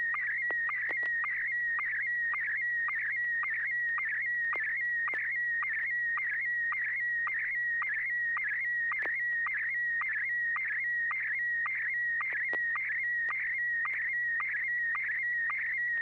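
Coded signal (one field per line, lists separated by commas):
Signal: SSTV (slow-scan television)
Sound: steady warbling whistle near 2 kHz with a short low chirp about twice a second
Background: low hum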